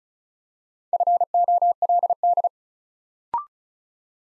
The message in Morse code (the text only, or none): FOLD